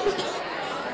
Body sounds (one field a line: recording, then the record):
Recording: coughing mixed with background sound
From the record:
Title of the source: 30 Chesty and wet cough